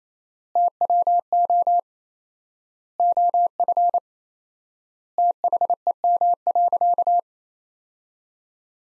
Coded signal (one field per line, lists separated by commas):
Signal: Morse code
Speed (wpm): 28 wpm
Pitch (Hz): 700 Hz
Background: none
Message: TWO OF THEM.